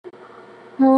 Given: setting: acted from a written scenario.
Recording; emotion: vocal sound without words; disappointment